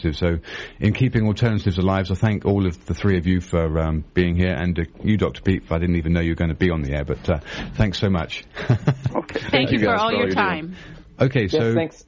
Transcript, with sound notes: So in keeping alternatives alive, I thank all of the three of you for being here and you, Dr. Peat, I didn't even know you were gonna be on the air, but thanks so much. - (laughs) Thank you for all your time. - Okay, so-- - Yes, thanks.